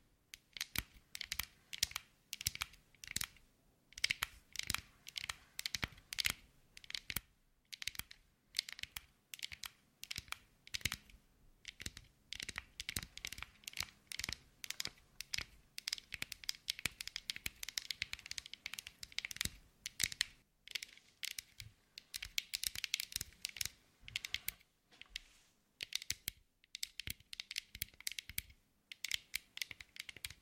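ASMR tapping: rapid, crisp clicks in dense bursts with brief pauses, bright and clattery like typing, continuing steadily throughout.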